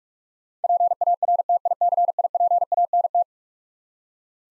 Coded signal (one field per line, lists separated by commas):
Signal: Morse code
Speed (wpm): 42 wpm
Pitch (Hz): 700 Hz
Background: none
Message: PARTICIPANT